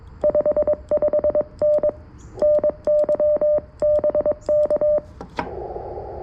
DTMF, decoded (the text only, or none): none